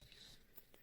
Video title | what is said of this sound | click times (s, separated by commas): agaro supreme pressure washer - unboxing review installation and testing - Malayalam | ഇത് lock ആയിട്ടുണ്ട്. | 0.6 s, 0.7 s